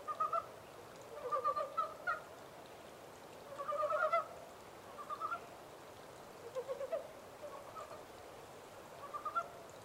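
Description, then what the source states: Montane brown frog croaks in short bursts of two to four clucking notes with pauses between, over a steady hiss of background noise. 14 April 2010.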